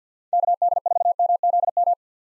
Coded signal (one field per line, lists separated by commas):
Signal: Morse code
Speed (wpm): 50 wpm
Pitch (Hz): 700 Hz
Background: none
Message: KD4MZM